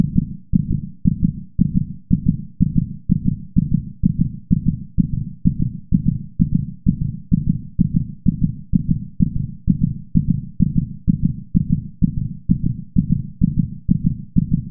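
Rapid heartbeat at about 128 beats per minute, with low-pitched thumping beats repeating in a fairly steady rhythm.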